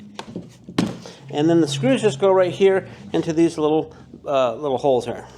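A plastic part, likely the handle, is pushed firmly onto a pressure washer frame before the screws go in, with a few small knocks and then a loud thunk at 0.8 s as it seats. Someone then talks for the rest of the clip.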